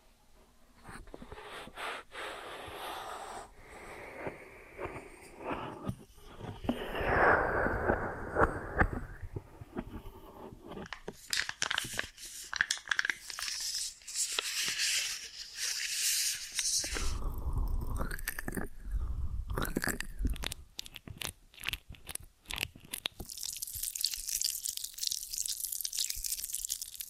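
An ear and scalp massage with cleaning, full of close crunching, scratching and rubbing textures. Through the first ten seconds the rubbing is softer and lower; after that come bright, dense bursts of scraping and crackling with quick taps, running to the end.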